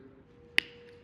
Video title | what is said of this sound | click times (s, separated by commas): 201FH Installation | till that snaps into place. | 0.6 s